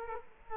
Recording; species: mosquito wingbeat signal from an infrared sensor; Culex quinquefasciatus